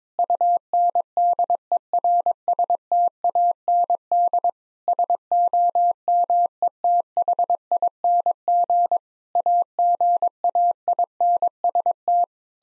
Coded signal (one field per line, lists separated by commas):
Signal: Morse code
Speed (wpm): 21 wpm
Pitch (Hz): 700 Hz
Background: none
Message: UNDERSTAND SOMETHING AGAINST